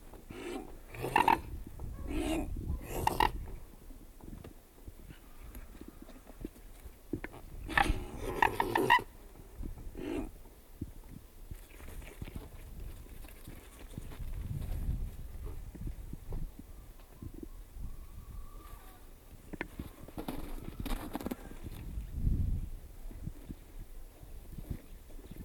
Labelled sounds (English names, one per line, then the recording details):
Mute Swan call
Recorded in the wild
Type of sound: call
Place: Varnkevitz, Insel Rügen, Mecklenburg-Vorpommern, DE
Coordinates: 54.681, 13.37
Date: 1970-01-29
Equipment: Nagra III BH, Sennheiser MD 421
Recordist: Schubert, Michael
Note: Bei Varnkevitz: Höckerschwäne beim Fang, "grö-grö"